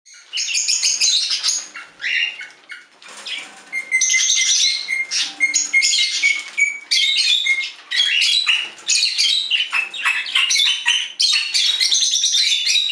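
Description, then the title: Budgerigar chatter: continuous raspy, buzzy warbling with squawks and brief whistled notes, high-pitched and busy throughout with only short pauses. "Budgie Sounds"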